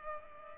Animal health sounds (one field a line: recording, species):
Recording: mosquito wingbeat signal from an infrared sensor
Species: Culex pipiens